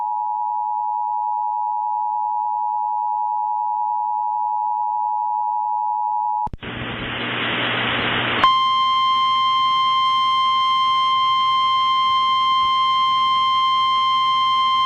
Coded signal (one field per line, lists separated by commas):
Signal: Emergency Alert System (SAME) tones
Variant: 853 and 960 Hz attention tone